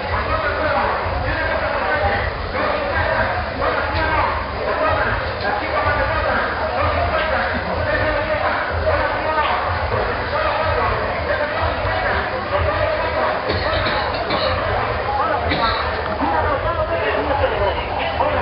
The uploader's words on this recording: A typical night in rural Chiapas when the fair comes to town. The sounds of the fair; barkers hawking their wares, music, general hubbub.